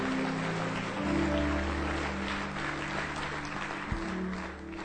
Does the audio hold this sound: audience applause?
yes